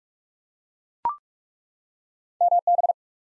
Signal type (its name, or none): Morse code